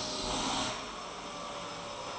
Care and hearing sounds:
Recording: daily activity, microphone in the room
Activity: vacuum cleaning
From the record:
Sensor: 1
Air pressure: 1002.0 hPa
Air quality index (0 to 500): 242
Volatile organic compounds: 47 ppm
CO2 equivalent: 3255 ppm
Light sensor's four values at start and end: 8/27/10/11 and 8/27/10/11

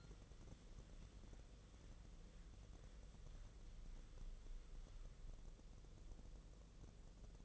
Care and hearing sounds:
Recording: daily activity, microphone in the room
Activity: wipe stove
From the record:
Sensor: 4

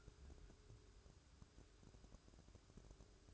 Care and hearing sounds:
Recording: daily activity, microphone in the room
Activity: take from stove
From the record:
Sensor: 2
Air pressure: 1007.8 hPa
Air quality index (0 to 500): 101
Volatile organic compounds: 1 ppm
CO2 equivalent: 761 ppm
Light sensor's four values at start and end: 7/16/6/6 and 7/16/6/6

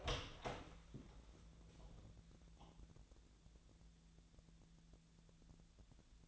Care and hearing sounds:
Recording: daily activity, microphone in the room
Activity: open door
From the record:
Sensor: 3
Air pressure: 1000.4 hPa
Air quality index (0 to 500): 175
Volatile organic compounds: 3 ppm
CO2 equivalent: 1522 ppm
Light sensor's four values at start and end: 13/30/13/13 and 13/30/13/13

